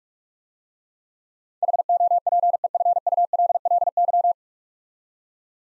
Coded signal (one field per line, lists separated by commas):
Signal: Morse code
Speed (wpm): 44 wpm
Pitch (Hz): 700 Hz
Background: none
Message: HOPEFULLY